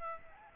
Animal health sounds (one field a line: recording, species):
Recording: mosquito wingbeat signal from an infrared sensor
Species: Aedes aegypti